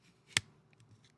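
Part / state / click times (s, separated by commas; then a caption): battery pack onto robot plate / seated / 0.4 s. A plastic battery pack is slid onto an assembled robot plate and seats with a sharp, bright click at 0.4 seconds. A few faint small ticks follow over the next second, and the battery pack ends up seated on the plate.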